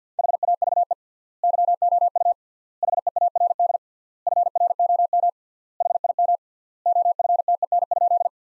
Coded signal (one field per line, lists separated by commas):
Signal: Morse code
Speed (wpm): 50 wpm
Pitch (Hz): 700 Hz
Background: none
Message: HAVE YOU HEARD FROM HIM OFTEN?